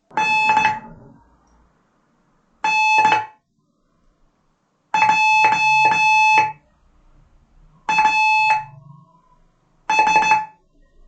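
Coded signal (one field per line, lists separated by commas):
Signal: Morse code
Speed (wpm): 16 wpm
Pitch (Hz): 2600 Hz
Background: none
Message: NNJAS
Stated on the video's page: Beginner Morse lesson teaching letter N, with practice groups using E, T, S, A, B, G, J.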